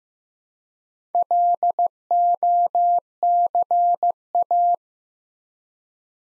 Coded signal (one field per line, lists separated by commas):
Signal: Morse code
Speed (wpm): 15 wpm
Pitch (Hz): 700 Hz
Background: none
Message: LOCA